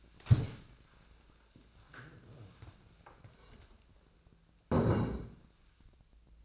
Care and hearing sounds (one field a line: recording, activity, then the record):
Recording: daily activity, microphone in the room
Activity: stand up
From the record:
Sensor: 2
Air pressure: 1000.3 hPa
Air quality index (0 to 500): 160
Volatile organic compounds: 3 ppm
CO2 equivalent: 1334 ppm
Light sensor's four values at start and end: 8/19/8/9 and 9/19/9/10